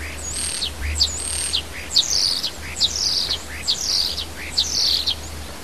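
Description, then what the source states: Bird song: about six high, sharp phrases of quick downward-sweeping notes, roughly once a second, over steady low rumbling background noise. Native bird in a hedge in March.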